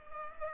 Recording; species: mosquito wingbeat signal from an infrared sensor; Culex pipiens